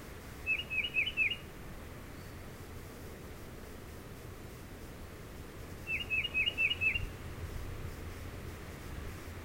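Tufted titmouse singing two phrases of several rapid downslurred whistles, separated by roughly five seconds of quiet hiss.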